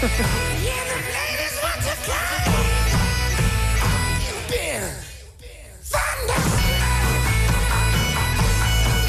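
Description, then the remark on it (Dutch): A loud bagpipe rendition of a rock song, with a steady droning bass under bright, reedy melody lines. The music briefly thins to a near pause midway, then surges back at full volume. “En daar zijn hele leuke versies van gemaakt voor dat nummer. Met Doedelzak bijvoorbeeld.”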